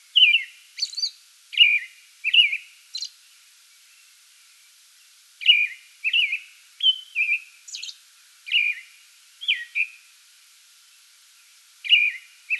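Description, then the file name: American robin song: short caroling phrases of rich whistled notes in quick bursts separated by pauses, plus higher squeaky notes. Pre-dawn song bout, recorded 8 May 2022. "2022-05-08 American Robin pre-dawn song bout"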